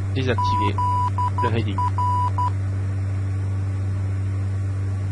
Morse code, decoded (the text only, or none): ZR